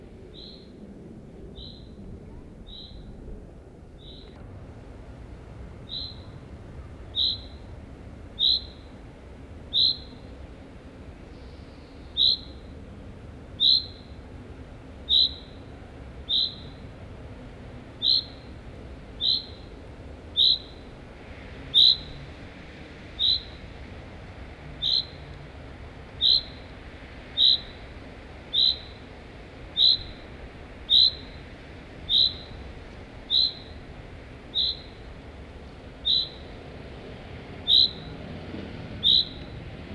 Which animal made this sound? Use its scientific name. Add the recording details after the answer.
Fringilla coelebs. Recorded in the wild. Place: Wuppertal, Nordrhein-Westfalen, DE. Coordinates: 51.23, 7.2. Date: 1995-04-20. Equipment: Sony WM-D6C. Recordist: Skiba, Reinald. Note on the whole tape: Ronsdorf (an der Wohnung, Mühlenfeld 52): "wrritt" (mehr tonal)